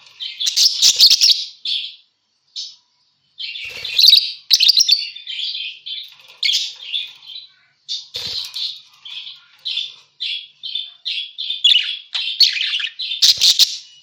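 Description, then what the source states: Parakeet chatter: rapid, squeaky warbles and short chirps, with a quiet gap early on, then a steady stream of quick notes to the end. Parakeet calls used as a lure sound for catching birds.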